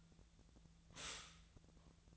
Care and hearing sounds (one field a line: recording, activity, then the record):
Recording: daily activity, microphone in the room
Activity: stop toaster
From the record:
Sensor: 3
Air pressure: 1009.3 hPa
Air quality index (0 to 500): 198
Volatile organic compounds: 17 ppm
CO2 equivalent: 2564 ppm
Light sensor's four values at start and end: 32/80/34/36 and 32/80/34/36